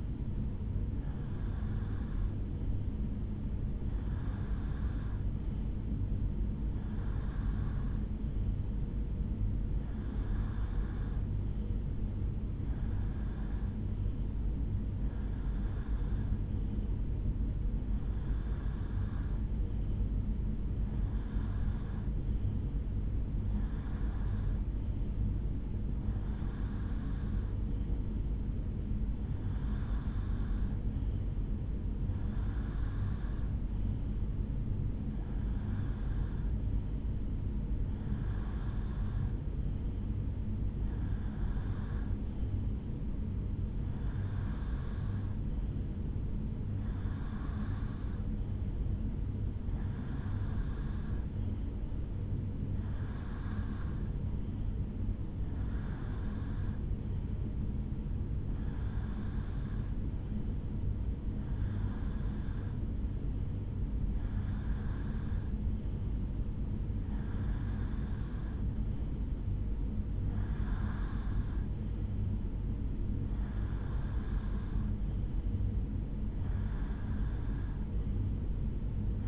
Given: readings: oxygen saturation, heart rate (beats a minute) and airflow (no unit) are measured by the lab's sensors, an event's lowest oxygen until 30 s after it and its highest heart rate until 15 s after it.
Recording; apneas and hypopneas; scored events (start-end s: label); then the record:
breathing in sleep by a smartphone at the bedside; 1
21.00-47.80 s: hypopnea (REM, oxygen 85% highest, then 83% lowest, heart rate 70 at the start, 74 highest)
From the record:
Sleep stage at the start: REM sleep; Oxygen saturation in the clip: 83 to 87%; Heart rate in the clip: 69 to 75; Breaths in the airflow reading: 27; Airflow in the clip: -2.7 to 2.1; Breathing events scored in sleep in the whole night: 449 in 7.0 hours asleep